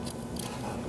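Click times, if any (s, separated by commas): 0.4 s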